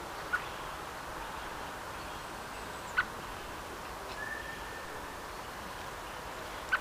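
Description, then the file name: Common blackbird giving sharp, clipped call notes, three spaced a few seconds apart, over steady background hiss with faint bird sounds. "Turdus merula"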